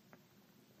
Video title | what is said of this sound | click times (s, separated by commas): Replace Keyboard Key Toshiba L800 C800 - Fix Laptop Installation Repair | Snaps right in. | 0.1 s